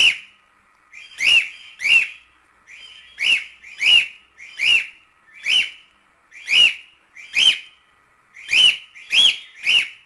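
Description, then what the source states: Cockatiel song of sharp arched whistles, often in pairs, repeated roughly every second throughout with brief gaps. Lutino colour variety, song.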